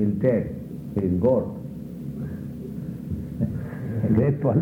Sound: chuckles

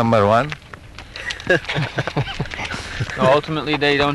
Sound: laughter

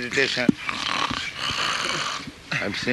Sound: makes snoring sound

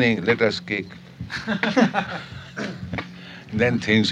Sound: laughter

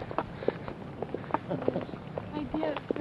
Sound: laughs

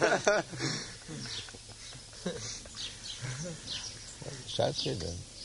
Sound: laughter

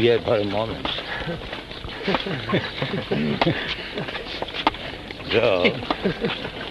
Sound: laughs

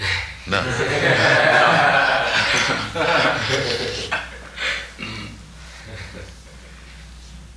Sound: laughter

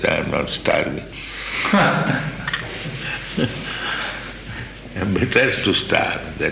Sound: laughter

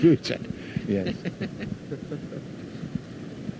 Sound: laughter

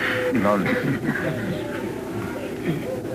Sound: laughter

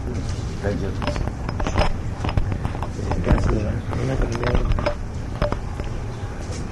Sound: commotion in background, mic moving around while devotees bring seats

